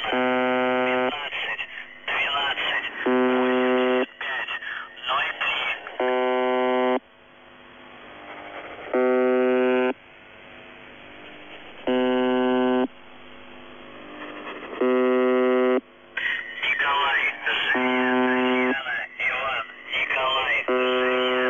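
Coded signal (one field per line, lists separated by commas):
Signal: channel marker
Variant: UVB-76, The Buzzer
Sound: harsh low buzzes lasting about a second, repeating every few seconds, over a man's voice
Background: spoken voice message, radio static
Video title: [UVB-76, The Buzzer] Voice Message (but the marker doesn't stop); 11. January 2021, 12:45 UTC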